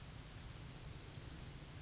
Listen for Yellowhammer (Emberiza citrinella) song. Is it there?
yes